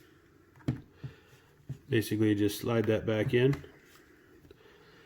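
A small plastic safety clip is slid back onto the collet of a push-to-connect fitting after the tube is inserted, seating with a sharp click at 0.7 s. Smaller taps follow, and then someone talks.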